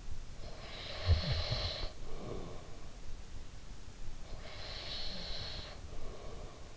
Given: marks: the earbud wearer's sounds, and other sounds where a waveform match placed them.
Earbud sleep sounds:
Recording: sounds in sleep by an in-ear microphone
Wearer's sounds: breath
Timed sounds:
0.31-2.91 s: breath
3.92-6.77 s: breath

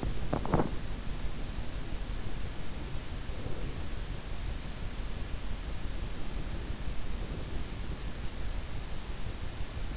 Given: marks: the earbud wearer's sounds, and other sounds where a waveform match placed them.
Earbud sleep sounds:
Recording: sounds in sleep by an in-ear microphone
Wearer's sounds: teeth grinding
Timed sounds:
0.00-0.84 s: teeth grinding

